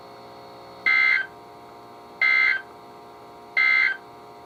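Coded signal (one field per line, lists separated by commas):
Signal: Emergency Alert System (SAME) tones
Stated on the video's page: Real NOAA Weather Radio flood alerts from station KHB36 on 162.550 MHz, Independent Hill transmitter, received on many weather radios including Midland, RadioShack, Reecom and Motorola models.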